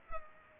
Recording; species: mosquito wingbeat signal from an infrared sensor; Culex pipiens